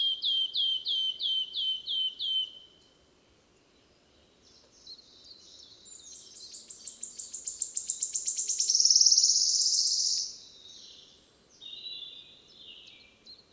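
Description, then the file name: Wood warbler song: a series of high ticking notes, a quiet pause with faint notes, then a new series of accelerating ticks building to a loud shivering trill. Recorded 10 May 2008. "20080510 1117 Phylloscopus sibilatrix"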